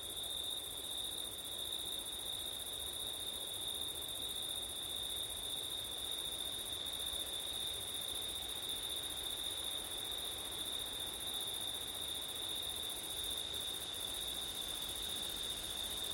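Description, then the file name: Crickets trill continuously and high through the whole stretch, an even chorus with a weaker higher band and gentle wind noise below. Crickets on a windy September night; ORTF stereo. "crickets wind september night ortif"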